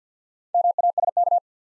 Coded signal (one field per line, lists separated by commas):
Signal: Morse code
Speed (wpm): 50 wpm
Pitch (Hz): 700 Hz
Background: none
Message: MASK